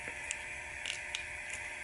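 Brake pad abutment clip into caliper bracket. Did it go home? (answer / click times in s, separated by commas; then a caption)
yes / 0.3 s. A finger pushes the second metal anti-rattle (abutment) clip for the brake pads into the caliper bracket. A sharp click at 0.3 s marks the clip locking into place, and a few smaller ticks follow near 0.9 s and 1.1 s over a steady background hiss. The clip is seated.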